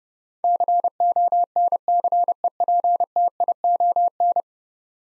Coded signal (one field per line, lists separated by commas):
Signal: Morse code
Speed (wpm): 30 wpm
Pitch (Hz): 700 Hz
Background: none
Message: CONCEPTION